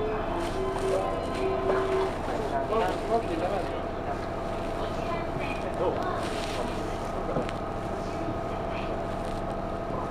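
A local train on the Chuo East Line waits at Shiotsu station for a limited express to pass. A steady low hum runs throughout under murmuring voices, with a brief pitched tone in the first two seconds and scattered small clicks and knocks.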